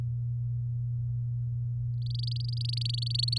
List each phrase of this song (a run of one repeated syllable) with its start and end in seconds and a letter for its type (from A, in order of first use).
2.02-3.38 A